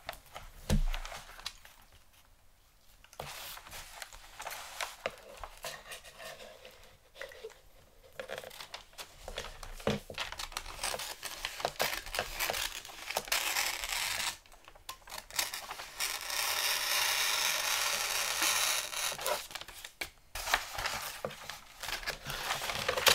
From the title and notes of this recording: ASMR Xmas Gift Wrapping Intense Crinkle, Tape, Scissors Sounds.